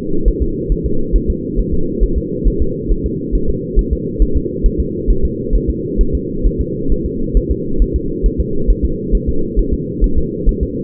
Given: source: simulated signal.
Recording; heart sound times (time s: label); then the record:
fetal heart sounds
0.28 s: S1
0.43 s: S2
0.72 s: S1
0.86 s: S2
1.16 s: S1
1.30 s: S2
1.59 s: S1
1.74 s: S2
2.03 s: S1
2.18 s: S2
2.48 s: S1
2.62 s: S2
2.92 s: S1
3.06 s: S2
3.35 s: S1
3.50 s: S2
3.79 s: S1
3.93 s: S2
4.22 s: S1
4.37 s: S2
4.66 s: S1
4.80 s: S2
5.11 s: S1
5.25 s: S2
5.55 s: S1
5.70 s: S2
6.01 s: S1
6.15 s: S2
6.47 s: S1
6.61 s: S2
6.92 s: S1
7.06 s: S2
7.37 s: S1
7.51 s: S2
7.82 s: S1
7.96 s: S2
8.26 s: S1
8.40 s: S2
8.70 s: S1
8.85 s: S2
9.15 s: S1
9.29 s: S2
9.59 s: S1
9.74 s: S2
10.04 s: S1
10.18 s: S2
10.49 s: S1
10.63 s: S2
From the record:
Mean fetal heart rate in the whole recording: 135 bpm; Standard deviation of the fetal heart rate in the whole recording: 3 bpm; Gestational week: 36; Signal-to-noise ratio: -8.1 dB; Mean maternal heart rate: 72 bpm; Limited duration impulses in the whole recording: absent